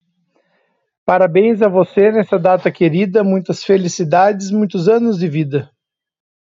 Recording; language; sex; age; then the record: short text; Brazilian Portuguese; male; 30 to 39 years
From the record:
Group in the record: control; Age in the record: 35 years